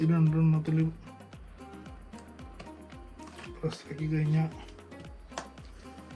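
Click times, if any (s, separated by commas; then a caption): 5.4 s. A DDR3 memory stick is pressed down into a motherboard DIMM slot while someone talks and music plays in the background. Several faint clicks follow, with the loudest sharp click at 5.4 s as the module latches and seats in the slot.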